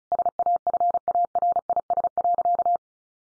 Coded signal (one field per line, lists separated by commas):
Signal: Morse code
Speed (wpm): 34 wpm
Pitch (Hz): 700 Hz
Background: none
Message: SAFARIS.